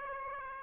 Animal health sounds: mosquito wingbeat signal from an infrared sensor; Aedes aegypti

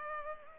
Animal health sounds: mosquito wingbeat signal from an infrared sensor; Culex pipiens

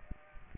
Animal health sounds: mosquito wingbeat signal from an infrared sensor; Aedes aegypti

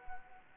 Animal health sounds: mosquito wingbeat signal from an infrared sensor; Anopheles arabiensis

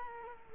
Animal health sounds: mosquito wingbeat signal from an infrared sensor; Culex quinquefasciatus

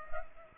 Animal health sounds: mosquito wingbeat signal from an infrared sensor; Culex pipiens

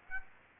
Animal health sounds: mosquito wingbeat signal from an infrared sensor; Aedes aegypti

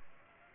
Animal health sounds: mosquito wingbeat signal from an infrared sensor; Aedes aegypti

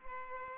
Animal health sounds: mosquito wingbeat signal from an infrared sensor; Culex pipiens

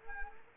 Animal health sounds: mosquito wingbeat signal from an infrared sensor; Anopheles arabiensis

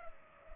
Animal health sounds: mosquito wingbeat signal from an infrared sensor; Culex pipiens

